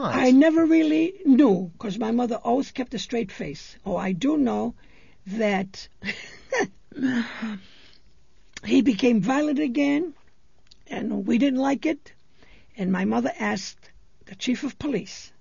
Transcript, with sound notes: I never really knew, because my mother always kept a straight face. Oh, I do know that... ( she laughs ) He became violent again, and we didn't like it, and my mother asked the Chief of Police